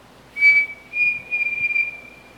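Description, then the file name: Pavonine Cuckoo gives one phrase: a sharp pure note, then two linked, trembling whistles at a steady high pitch. "canto do peixe frito pavonino"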